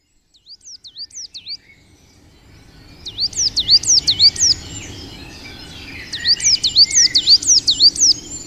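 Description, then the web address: Coal tit song: high, bright two-note phrases repeated rapidly in three bursts of several notes, over background noise that starts partway through. "agykontroll Madardalok Cd 1. Fenyves cinege"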